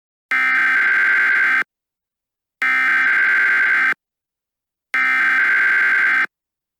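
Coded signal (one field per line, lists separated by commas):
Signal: Emergency Alert System (SAME) tones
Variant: header bursts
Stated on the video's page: Fictional EAS scenario about a runaway train.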